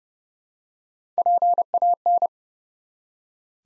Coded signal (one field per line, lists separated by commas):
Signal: Morse code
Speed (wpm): 30 wpm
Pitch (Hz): 700 Hz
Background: none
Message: PAN